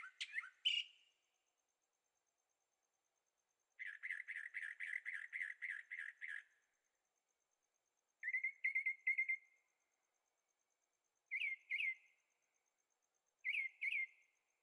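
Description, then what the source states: Bird song with varied phrases: an opening jumble, a long rapid trill, then shorter bursts of quick warbled notes separated by silences. Birds singing at night in Carefree, Arizona; recorded with a Zoom H6 using stereo microphones.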